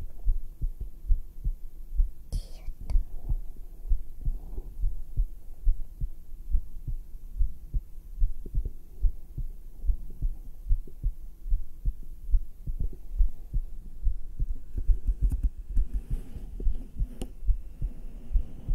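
Soft, low thumps repeat steadily at about 72 beats a minute: an ASMR heartbeat heard through a black 3Dio microphone pressed to bare skin on the chest. The rate and rhythm fit an ordinary resting heartbeat. Occasional rustling and handling noise sit in the background.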